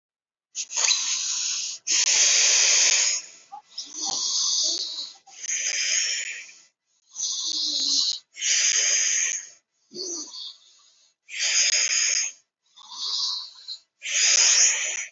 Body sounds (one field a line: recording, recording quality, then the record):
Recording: deep breathing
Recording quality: excellent, no background noise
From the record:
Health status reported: healthy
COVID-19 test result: negative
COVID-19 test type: RT-PCR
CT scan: not taken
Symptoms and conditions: cough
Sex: female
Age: 23 years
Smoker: no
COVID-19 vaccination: one dose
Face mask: worn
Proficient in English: yes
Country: India